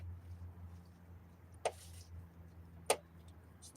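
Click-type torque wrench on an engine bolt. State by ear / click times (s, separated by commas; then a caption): not seated / none. A click-type torque wrench tightens an engine bolt during a timing belt replacement on a 2005 Hyundai Sonata 2.4L, over a steady low hum. Two sharp ratchet or tool-handling knocks land at about 1.7 s and 2.9 s, with faint ticks around them. The wrench has not clicked at its setting.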